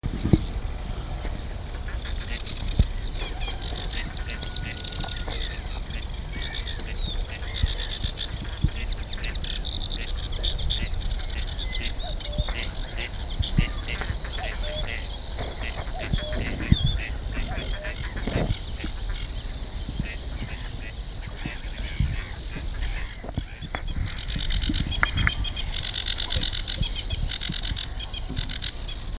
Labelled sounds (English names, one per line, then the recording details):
Gadwall call
Sedge Warbler
Common Cuckoo
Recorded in the wild
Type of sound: call
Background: Acrocephalus schoenobaenus, Cuculus canorus
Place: Elblag, Warminsko-Mazurskie, PL
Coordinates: 54.1, 19.4833
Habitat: lake
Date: 1966-05-13
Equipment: Nagra III BH
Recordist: Schubert, Michael
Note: Jezioro Druzno (Drausen See). Paar: Rufe